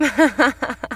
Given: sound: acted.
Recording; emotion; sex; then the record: nonverbal affect burst; happiness; female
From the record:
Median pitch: 248 Hz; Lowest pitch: 169 Hz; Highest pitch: 325 Hz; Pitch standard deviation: 42 Hz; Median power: 65.9 dB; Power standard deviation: 12.2 dB